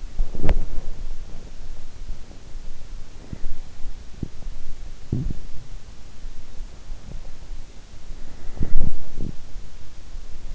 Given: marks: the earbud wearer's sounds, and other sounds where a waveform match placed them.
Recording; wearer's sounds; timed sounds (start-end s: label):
sounds in sleep by an in-ear microphone; body movement
0.00-10.55 s: body movement